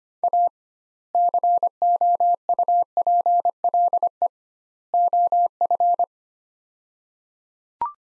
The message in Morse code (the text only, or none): A COUPLE OF